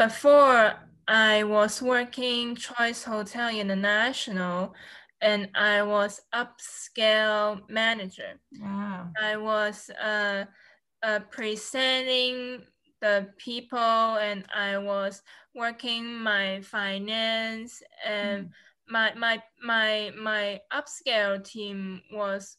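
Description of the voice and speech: Adult woman speaks haltingly with long pauses, dropped words and a repeated "my, my, my": nonfluent aphasic speech, two years after she was hit by a car while walking home from work.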